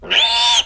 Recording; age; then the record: pig call; piglet (1 to 25 days)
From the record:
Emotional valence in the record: negative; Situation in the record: crushing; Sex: female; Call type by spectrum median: high-frequency call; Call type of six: high-frequency stable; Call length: 0.66 s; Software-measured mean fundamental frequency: 319 Hz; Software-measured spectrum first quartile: 2330 Hz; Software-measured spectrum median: 3208 Hz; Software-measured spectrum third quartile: 4014 Hz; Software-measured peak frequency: 3541 Hz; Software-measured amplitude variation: 133 dB a second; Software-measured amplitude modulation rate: 20.5 a second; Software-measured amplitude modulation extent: 6.5 dB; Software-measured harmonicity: 5.9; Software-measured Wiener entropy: -2.27